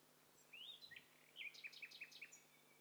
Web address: Hi Fi STEREO BIRD COCKTAIL PARTY Challenge